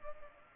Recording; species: mosquito wingbeat signal from an infrared sensor; Culex pipiens